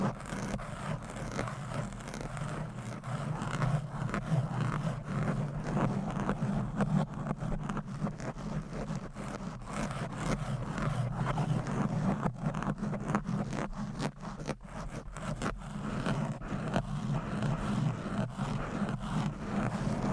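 Fingernails scratch rapidly and aggressively across a microphone cover, making a dense, continuous rasping that never lets up for the full twenty seconds. Quick strokes blur together with a heavy low rumble underneath, broken by brief sharp gaps and bursts of scraping.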